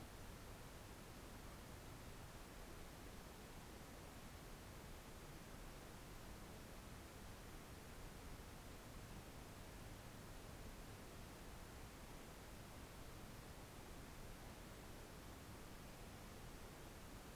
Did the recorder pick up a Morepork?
no